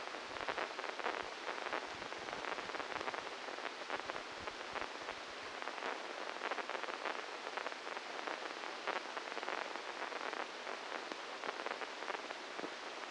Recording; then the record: brain microelectrode recording played as sound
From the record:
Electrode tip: inside the subthalamic nucleus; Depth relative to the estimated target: -2 mm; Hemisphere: left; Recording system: NeuroSet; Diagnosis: Parkinson's disease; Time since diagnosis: 12 years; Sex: male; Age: 61 years